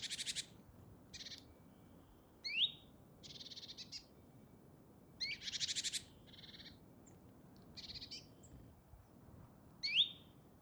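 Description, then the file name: Great tit buzzy churring bursts, some long and some clipped, punctuated by two sharp upslurred whistles over steady low background noise. "Parus major"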